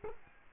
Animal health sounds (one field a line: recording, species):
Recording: mosquito wingbeat signal from an infrared sensor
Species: Culex quinquefasciatus